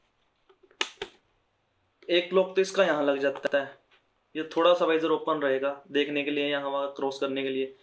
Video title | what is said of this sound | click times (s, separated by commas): Unboxing Steelbird sbh-17 Robot Terminator Helmet- Best helmet under INR 2000 rs. | आप इसको पूरा नहीं किया कर देंगे यह तक की आवाज आई क्या वाइजर पूरा लॉक हो गया | 0.8 s